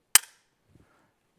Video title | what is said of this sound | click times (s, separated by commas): Holstery Joey Pouches & All The Extras IN DEPTH | this is this is just a pair of pliers you can hear the click | 0.1 s